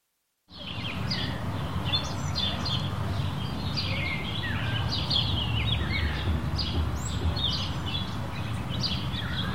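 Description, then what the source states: Birds chatter after a half-second of silence, a steady stream of short high chirps and twitters over heavy, rumbling wind noise. Countryside in Mexico, daytime, windy conditions.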